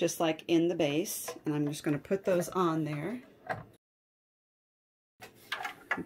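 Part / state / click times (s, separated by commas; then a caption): plastic frame part onto the base of a vacuum mold press / seated / 5.5 s, 5.9 s. Someone talks while lining up a plastic frame part of a vacuum mold press over its holes, and after a short silence presses it onto the press base. Two short, sharp clicks ring out at 5.5 s and 5.9 s as the frame piece snaps into place, seated on the base.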